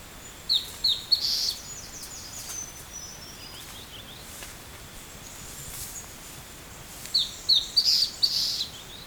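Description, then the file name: Bird calls: two separate bursts of sharp, high, quickly repeated chirps, one at the start and one near the end, with faint background noise between. "SABIOD 50 bird 2015"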